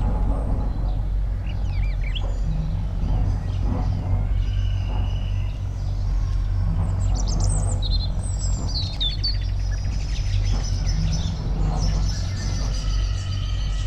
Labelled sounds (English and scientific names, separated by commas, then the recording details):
Eurasian Nuthatch (Sitta europaea) song
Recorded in the wild
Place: IT
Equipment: Uher 4000
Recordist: Tretzel, Erwin